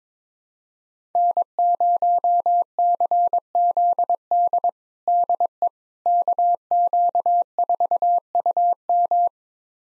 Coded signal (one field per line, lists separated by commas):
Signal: Morse code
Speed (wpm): 21 wpm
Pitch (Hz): 700 Hz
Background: none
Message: N0CZD DE KQ4UM